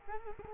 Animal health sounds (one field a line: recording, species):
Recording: mosquito wingbeat signal from an infrared sensor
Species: Culex quinquefasciatus